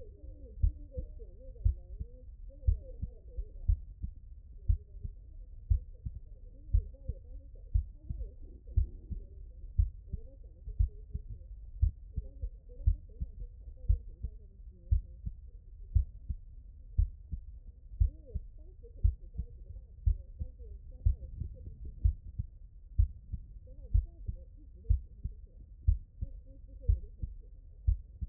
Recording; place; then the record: heart sounds by stethoscope; mitral valve (MV)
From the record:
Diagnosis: non-HFrEF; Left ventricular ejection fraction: 63%